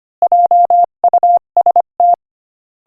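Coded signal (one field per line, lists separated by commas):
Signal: Morse code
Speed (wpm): 24 wpm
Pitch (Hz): 700 Hz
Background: none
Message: JUST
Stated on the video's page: Morse code listening practice at 25 wpm.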